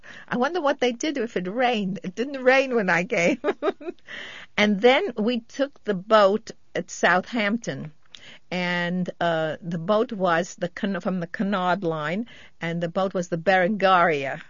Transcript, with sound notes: I wonder what they did if it rained. It didn't rain when I came. ( she laughs ) And then we took the boat at Southampton, and the boat was the Cu-- from the Cunard Line, and the boat was the Berengaria.